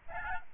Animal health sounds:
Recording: mosquito wingbeat signal from an infrared sensor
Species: Aedes albopictus

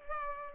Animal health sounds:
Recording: mosquito wingbeat signal from an infrared sensor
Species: Culex pipiens

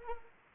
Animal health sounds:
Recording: mosquito wingbeat signal from an infrared sensor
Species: Anopheles arabiensis

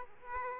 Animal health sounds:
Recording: mosquito wingbeat signal from an infrared sensor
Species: Aedes aegypti

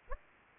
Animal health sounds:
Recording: mosquito wingbeat signal from an infrared sensor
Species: Aedes aegypti

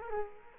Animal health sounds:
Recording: mosquito wingbeat signal from an infrared sensor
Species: Culex quinquefasciatus

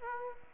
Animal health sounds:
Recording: mosquito wingbeat signal from an infrared sensor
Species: Aedes aegypti

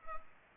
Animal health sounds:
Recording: mosquito wingbeat signal from an infrared sensor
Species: Culex pipiens

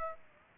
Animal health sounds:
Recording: mosquito wingbeat signal from an infrared sensor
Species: Aedes aegypti

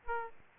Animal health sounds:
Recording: mosquito wingbeat signal from an infrared sensor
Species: Aedes aegypti

